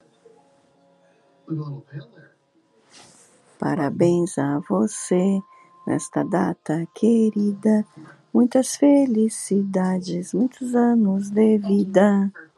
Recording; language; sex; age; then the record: short text; Brazilian Portuguese; female; 40 to 49 years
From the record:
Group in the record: control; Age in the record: 47 years